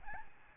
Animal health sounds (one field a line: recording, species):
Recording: mosquito wingbeat signal from an infrared sensor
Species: Aedes albopictus